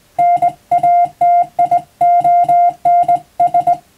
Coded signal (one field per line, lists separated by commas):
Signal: Morse code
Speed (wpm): 20 wpm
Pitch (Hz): 700 Hz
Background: music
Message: NATIONS